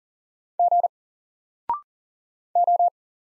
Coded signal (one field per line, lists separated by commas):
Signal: Morse code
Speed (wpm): 40 wpm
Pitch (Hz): 700 Hz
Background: none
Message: G O